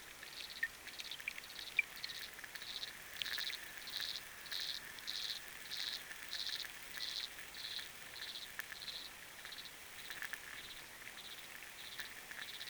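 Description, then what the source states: Frog giving a long run of brief buzzy pulses, evenly spaced, against background crackle and patter. Recorded underwater with a hydrophone; rain and wind also audible.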